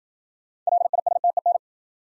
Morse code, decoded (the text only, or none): LISTEN